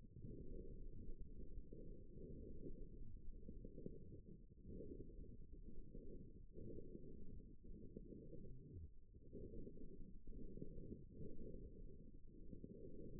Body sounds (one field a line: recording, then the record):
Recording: forearm muscle sounds (acoustic myography)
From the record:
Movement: forearm supination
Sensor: system 1, eight BSWA MPA416 microphones around the upper forearm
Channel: 7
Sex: female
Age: 21 years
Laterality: right